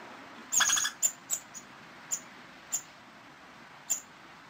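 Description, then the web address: Squirrel chirps: a short squeaky burst, then single sharp high chirps at uneven gaps, over a soft steady hiss. "animals squirrel squirrel"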